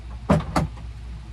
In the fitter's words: and then it should should just snap right in